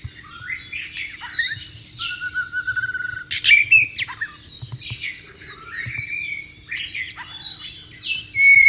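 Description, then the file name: White-rumped shama pouring out varied whistles, clicks and sweeping notes in near-continuous song, with a sharp loud burst midway and a faint steady hum. "suara burung murai batu di alam liar"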